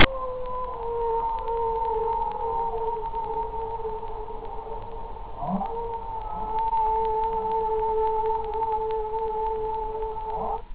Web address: Whale ΗΧΟΙ ΦΑΛΑΙΝΑΣ ΜΕΓΑΠΤΕΡΗ ΜΕΓΑΠΤΕΡΗ. Whale megapteri sounds